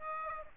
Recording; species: mosquito wingbeat signal from an infrared sensor; Aedes aegypti